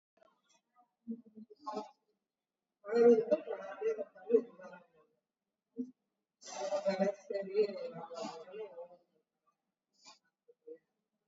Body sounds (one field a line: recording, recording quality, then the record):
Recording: shallow breathing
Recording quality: moderate, slight background noise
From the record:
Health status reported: COVID-19 positive, mild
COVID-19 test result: positive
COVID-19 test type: RT-PCR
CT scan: taken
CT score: 3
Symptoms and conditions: cough, cold, fatigue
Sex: female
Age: 62 years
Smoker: no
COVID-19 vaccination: both doses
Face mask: worn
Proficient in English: yes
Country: India